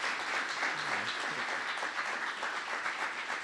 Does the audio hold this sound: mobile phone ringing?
no